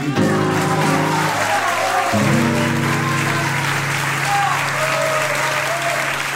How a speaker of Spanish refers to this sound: La gente que aplaude es el público del Faro.